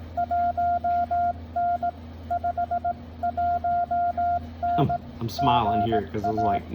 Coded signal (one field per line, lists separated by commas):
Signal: Morse code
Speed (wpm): 18 wpm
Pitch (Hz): 700 Hz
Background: speech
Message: 1N 5 1N GA